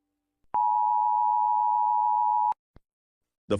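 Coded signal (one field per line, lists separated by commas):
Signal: Emergency Alert System (SAME) tones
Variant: 853 and 960 Hz attention tone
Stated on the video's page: Fictional EAS scenario, a simulated alert rather than a real one.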